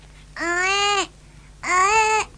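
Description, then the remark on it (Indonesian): Two drawn-out, wailing baby cries with a strained, buzzy tone, each about half a second to a second long with a short pause between, played back as a recording from a talking doll. “Bayi menangis.”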